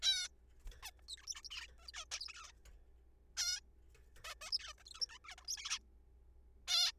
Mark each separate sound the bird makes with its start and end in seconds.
0.02-0.28, 0.83-0.91, 0.99-1.01, 1.09-1.16, 1.18-1.26, 1.27-1.34, 1.35-1.41, 1.45-1.48, 1.51-1.67, 1.79-1.87, 1.88-1.91, 1.94-2.05, 2.12-2.52, 3.37-3.60, 4.24-4.34, 4.42-4.51, 4.53-4.58, 4.59-4.73, 4.78-4.84, 4.86-4.90, 4.91-4.94, 4.94-5.07, 5.09-5.18, 5.25-5.35, 5.38-5.44, 5.45-5.47, 5.48-5.57, 5.58-5.79, 6.68-6.92